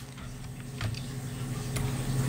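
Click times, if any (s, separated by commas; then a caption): none. The small coax connector on the black antenna wire of a Dell Inspiron 14 laptop is handled and lowered toward its port on the Wi-Fi card, where it is meant to snap into place. Faint soft ticks and handling noises sit over a steady low hum, with brief brighter rustles near 0.8 s and 1.8 s. Nothing has seated or clicked yet.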